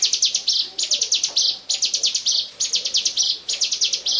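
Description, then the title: Bar-winged prinia delivering loud, high-pitched trilled phrases: fast ticking notes sliding into a buzzy ending, repeated about every second. "Suara Burung Ciblek"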